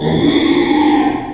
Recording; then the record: squeal of a Yucatan mini pig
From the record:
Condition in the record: after surgery on the right vocal fold (resection and tissue-engineered implant); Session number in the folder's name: 2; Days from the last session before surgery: 13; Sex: male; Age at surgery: 12 weeks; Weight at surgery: 13 kg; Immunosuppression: cyclosporine, prednisolone